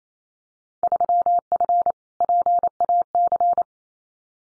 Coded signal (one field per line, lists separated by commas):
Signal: Morse code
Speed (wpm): 28 wpm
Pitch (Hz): 700 Hz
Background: none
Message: 3F PAC